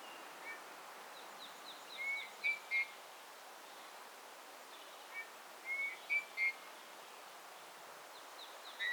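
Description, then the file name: Eurasian bullfinch giving soft, piping whistled notes in small groups of two or three, spaced a few seconds apart, over faint background hiss and other bird notes. "Pyrrhula pyrrhula"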